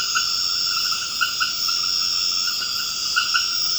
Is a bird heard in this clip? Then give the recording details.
no. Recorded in dense forest near Puerto Asís, Putumayo, Colombia, on 24 March 2025 at 21:00. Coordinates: 0.481, -76.323. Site G088